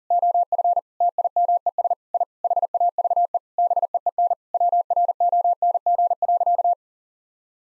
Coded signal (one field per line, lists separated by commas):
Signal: Morse code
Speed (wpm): 40 wpm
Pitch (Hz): 700 Hz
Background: none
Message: OF TIMES I HAVE BEEN WRONG.